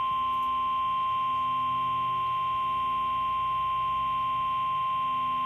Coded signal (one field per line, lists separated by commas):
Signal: Emergency Alert System (SAME) tones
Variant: 1050 Hz attention tone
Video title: EAS Severe Thunderstorm Watch#501 on WXL40 9/15/21 EAS#180